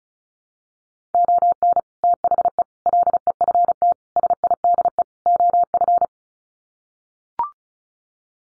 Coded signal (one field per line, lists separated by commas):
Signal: Morse code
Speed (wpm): 34 wpm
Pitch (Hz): 700 Hz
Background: none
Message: ON THE LEFT SIDE OF